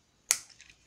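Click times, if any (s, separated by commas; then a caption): 0.3 s. A plastic oar is snapped onto its side bracket on a Playmobil 9105 Fairy Boat Carrying Case toy boat and seats with a sharp, bright click at 0.3 s. The click's decay is followed by a few faint, small clicks and a short, lower knock at the end.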